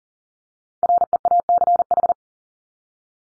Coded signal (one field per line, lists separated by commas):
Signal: Morse code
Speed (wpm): 40 wpm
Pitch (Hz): 700 Hz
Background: none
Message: REACH